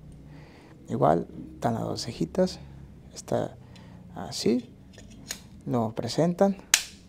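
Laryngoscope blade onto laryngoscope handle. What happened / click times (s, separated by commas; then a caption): The blade is being handled and has not yet clicked onto its handle / none. Someone talks while a laryngoscope blade's two small notches are lined up with the hinge bar on the laryngoscope handle, ready to be pushed on. A single short, sharp tick comes at about 5.3 s between the words. The blade has not clicked or seated on the handle yet when the clip ends.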